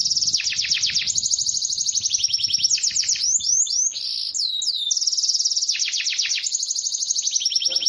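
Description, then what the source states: Bird song: dense, high-pitched stream of rapid trilled notes with twisting whistles woven through, unbroken throughout. Described as a complete bird 'masteran' compilation.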